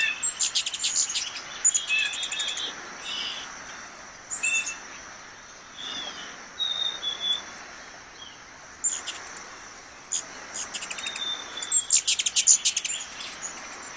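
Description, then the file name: Ruby-throated hummingbird twittering in rapid high-pitched chip bursts, mixed with brief squeaky notes, against a constant thin high whine in the background. "Canto do beija flor da garganta vermelha"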